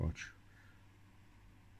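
A crimped metal spade terminal with a locking tongue is being handled and lined up to be pushed into a plastic connector housing on the CDI wiring loom of a 1999 Yamaha DTR 125 fitted with a 1988 3DB engine, loom and CDI. Someone talks briefly at the start, and a faint background hum follows. Nothing has seated or clicked yet.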